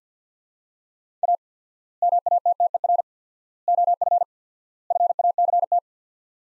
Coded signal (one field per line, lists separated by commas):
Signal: Morse code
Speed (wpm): 50 wpm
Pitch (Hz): 700 Hz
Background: none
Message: A MATTER OF FACT